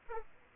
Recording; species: mosquito wingbeat signal from an infrared sensor; Aedes aegypti